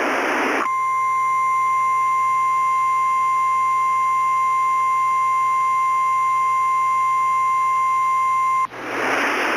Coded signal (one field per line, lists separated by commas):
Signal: Emergency Alert System (SAME) tones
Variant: 1050 Hz attention tone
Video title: EAS Scenario 1 [REMASTER]: The Colorado Monster